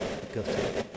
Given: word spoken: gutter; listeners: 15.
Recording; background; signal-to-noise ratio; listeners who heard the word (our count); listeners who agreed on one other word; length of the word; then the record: one English word in noise, from a listening test; noise modulated by three-talker babble; -5.9 dB; 1 of 15; 12 of 15; 0.57 s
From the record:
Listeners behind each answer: 12, 2, 1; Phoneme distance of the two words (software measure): 17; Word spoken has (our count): 2 syllables, 4 phonemes, stress on syllable 1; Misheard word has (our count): 2 syllables, 5 phonemes, stress on syllable 1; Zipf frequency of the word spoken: 3.43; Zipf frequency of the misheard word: 4.03